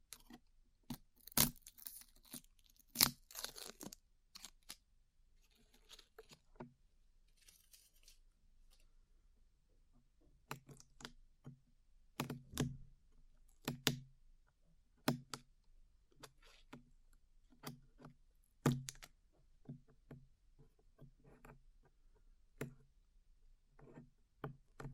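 Glue being peeled off ears: sticky crackling and sharp snaps, densest and brightest in the first eight seconds. After that, softer dull thuds and fingertip rubs come in irregular bursts, broken by a few loud clicks and short silences.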